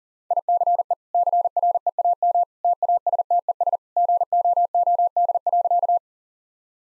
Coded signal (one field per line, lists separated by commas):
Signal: Morse code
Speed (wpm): 40 wpm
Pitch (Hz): 700 Hz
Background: none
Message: ICE CREAM TASTES GOOD.